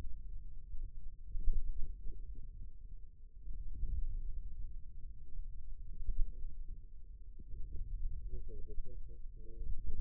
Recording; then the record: forearm muscle sounds (acoustic myography)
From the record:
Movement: wrist flexion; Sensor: system 2, bracelet of six BSWA MPA416 microphones around the upper forearm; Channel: 3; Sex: male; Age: 22 years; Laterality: right